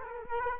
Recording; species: mosquito wingbeat signal from an infrared sensor; Culex quinquefasciatus